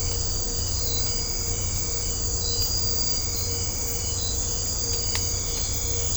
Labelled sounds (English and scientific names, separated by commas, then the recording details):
none
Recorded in secondary vegetation near Puerto Asís, Putumayo, Colombia, on 20 December 2024 at 00:00
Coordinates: 0.502, -76.326
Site G028